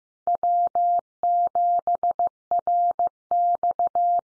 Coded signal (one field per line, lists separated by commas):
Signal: Morse code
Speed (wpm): 15 wpm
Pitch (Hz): 700 Hz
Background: none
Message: W7RX